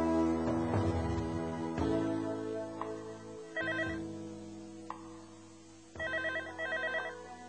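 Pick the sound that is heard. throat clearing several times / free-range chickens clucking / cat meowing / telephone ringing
telephone ringing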